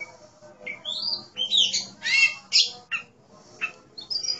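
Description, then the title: Oriental magpie-robin singing in short, separate bursts of sweet whistles and harsh chattering notes, with pauses between phrases. "Kacer5"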